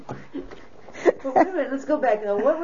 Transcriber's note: she laughs